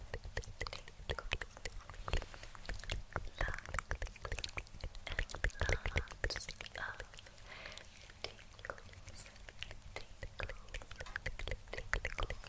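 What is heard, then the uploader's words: Dense, layered mouth sounds and scratching fill the whole twelve seconds, a rapid stream of sharp clicks and taps with no pauses. Brief wet smacks and tongue clicks cluster around the middle, over a steady low hum underneath. INTENSE LAYERED SOUNDS~ Helping You SleepRelax(Mouth Sounds, Scratching, Tongue Clicking).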